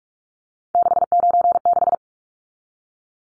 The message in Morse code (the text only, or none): 696